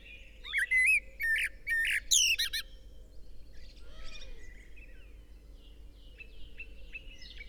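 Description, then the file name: Common blackbird song: a few loud whistled phrases ending in squeaky high twitters during the first three seconds, then quieter scratchy warbling over a steady low hum. "Turdus merula"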